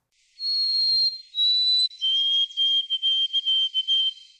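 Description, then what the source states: White-throated Sparrow song: two long clear whistles, then a lower steady whistle broken into repeated short notes. New song variant spreading among white-throated sparrows in Canada, dropping a syllable compared with the traditional song.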